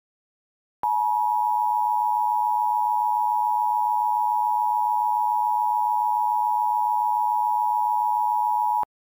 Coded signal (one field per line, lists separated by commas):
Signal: Emergency Alert System (SAME) tones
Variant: 853 and 960 Hz attention tone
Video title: EAS Short - NOGGIN App Shutdown Riots (Nick Jr. Riot 3)